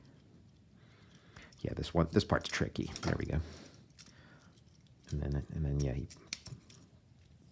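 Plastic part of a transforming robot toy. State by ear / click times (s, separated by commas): seated / 6.5 s, 6.7 s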